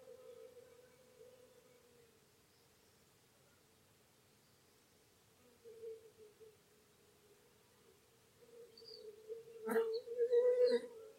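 Birdsong from corn bunting, little bustard and bee-eaters comes through as a steady buzzing, wavering tone that swells near the start, again around six seconds, and strongest after eight seconds. Near the end, two sharp clicks and bright chirps break in over it.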